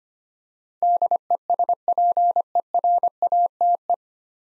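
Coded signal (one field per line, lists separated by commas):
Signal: Morse code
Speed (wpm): 25 wpm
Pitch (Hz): 700 Hz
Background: none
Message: DESPERATE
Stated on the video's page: Morse head-copy practice of nine-letter words at 25 wpm; each word is sent, spoken, then sent again.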